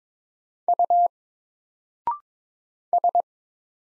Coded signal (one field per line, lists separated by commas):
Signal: Morse code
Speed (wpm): 22 wpm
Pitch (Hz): 700 Hz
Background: none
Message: U S